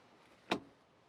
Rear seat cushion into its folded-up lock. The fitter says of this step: oh my God you just lift it up it's so easy it locks into place then you just get a enormous